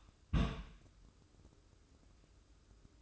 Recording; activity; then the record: daily activity, microphone in the room; place on stove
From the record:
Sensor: 2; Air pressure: 995.3 hPa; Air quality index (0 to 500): 77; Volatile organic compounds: 3 ppm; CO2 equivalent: 1356 ppm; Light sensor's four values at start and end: 22/73/28/27 and 22/73/28/27